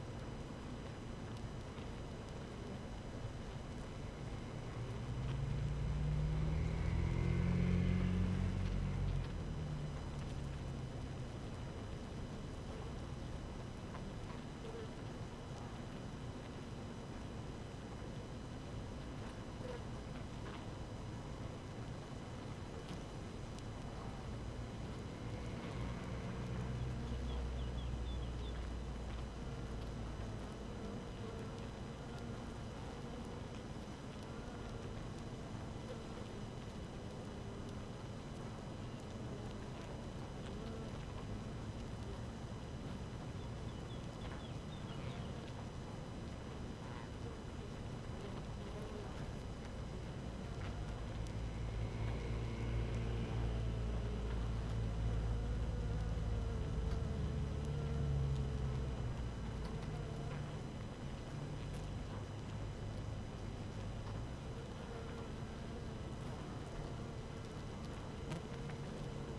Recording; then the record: honeybee colony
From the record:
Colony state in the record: active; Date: 12 June 2018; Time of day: 5:43